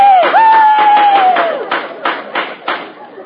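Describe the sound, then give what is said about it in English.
Firecrackers set off to celebrate the Fourth of July on The Jack Benny Program: a shrill whistling tone slides gently downward, then a rapid, uneven string of about five sharp, loud pops crackles one after another. “Look out for these firecrackers.”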